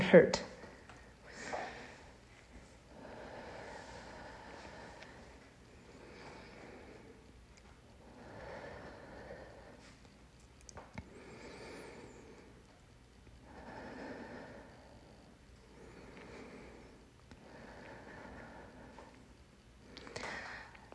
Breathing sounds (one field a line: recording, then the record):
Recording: deep breathing after running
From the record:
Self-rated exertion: vigorous exertion (4 of 6)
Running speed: 8 miles an hour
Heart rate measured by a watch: 114 beats a minute at the start, 110 at the end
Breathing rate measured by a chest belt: 18 breaths a minute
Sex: female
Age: 26 years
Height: 172 cm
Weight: 60 kg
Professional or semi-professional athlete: no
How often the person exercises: over 5 times a week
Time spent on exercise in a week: over 5 hours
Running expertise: yes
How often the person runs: 3 to 5 times a week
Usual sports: running, interval training, yoga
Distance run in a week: 50 km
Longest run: 21 km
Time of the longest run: 122 minutes